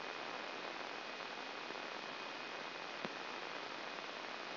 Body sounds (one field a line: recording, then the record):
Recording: brain microelectrode recording played as sound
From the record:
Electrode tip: outside the subthalamic nucleus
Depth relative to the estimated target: 4 mm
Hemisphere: right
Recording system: AlphaMap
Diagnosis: Parkinson's disease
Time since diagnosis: 16 years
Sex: male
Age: 60 years